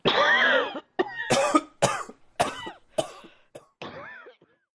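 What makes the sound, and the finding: Adult. Cough.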